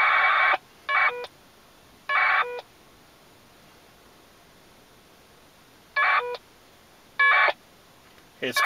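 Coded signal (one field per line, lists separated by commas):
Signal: packet radio (AX.25, as in APRS)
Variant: 1200 baud AFSK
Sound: five short harsh warbling data bursts separated by hissy pauses, each ending with squelch tail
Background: radio static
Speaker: and the two stations disconnected so we just transmitted the preamble to the us constitution from one vehicle to another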